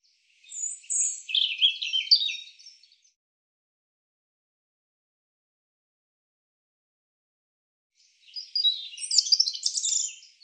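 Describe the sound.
European robin song: two bursts of high, jumbled, tinkling warbled phrases separated by about five seconds of silence, with no other sounds.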